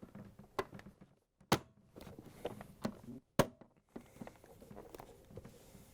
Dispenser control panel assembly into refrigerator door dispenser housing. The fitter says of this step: you have it lined up we can push on it so it locks into place